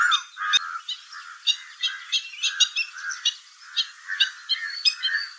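Stilts calling in a busy chorus of quick nasal yaps over lower honking notes, almost without pause.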